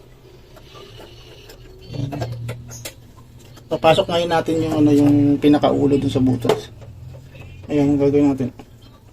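A stove burner head is handled at the hole in the gas stove's burner base, about to be pushed in, with two short sharp handling knocks near 2.5 s and 2.9 s. Someone talks over a low background hum. Nothing has seated or locked into place yet.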